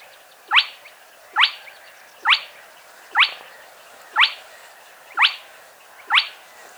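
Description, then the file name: Spotted crake calling: a steady run of abrupt, upslurred 'whit' notes, evenly spaced just under a second apart. Playback recording. "Plettet roervagtel"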